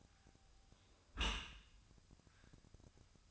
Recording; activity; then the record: daily activity, microphone in the room; close dishwasher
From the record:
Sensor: 2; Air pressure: 1004.6 hPa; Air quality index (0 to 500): 103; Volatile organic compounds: 2 ppm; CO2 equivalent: 1246 ppm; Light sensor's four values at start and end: 6/15/6/6 and 6/15/6/6